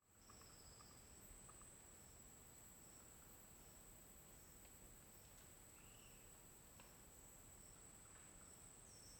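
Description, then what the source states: Cricket chorus: a steady, very high continuous trill, with short high chirps repeating regularly, and a faint bird whistle. Forest ambience at midday with crickets and discreet birds.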